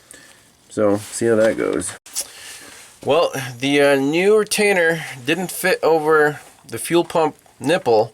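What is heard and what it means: A fuel hose fitted with its original retainer is clipped onto the outlet nipple of a fuel pump on a Nissan Xterra with a crank no-start, giving a short sharp click at 0.1 s. Someone then talks for the rest of the clip. The retainer seats onto the nipple, going on tight before clicking into place.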